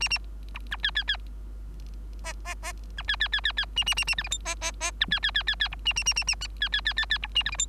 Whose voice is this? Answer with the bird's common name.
Bengalese Finch